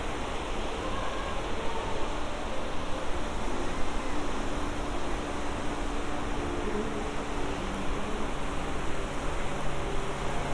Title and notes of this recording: Santa Monica Pier. A binaural field recording — a walk on the beach; under the pier; a few hundred yards and back again; up to the pier; watching the bumper cars, the roller coasters